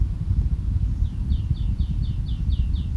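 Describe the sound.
Bird song: a series of about nine clear, quickly descending whistled notes repeated steadily every quarter second, over a loud continuous low rumble.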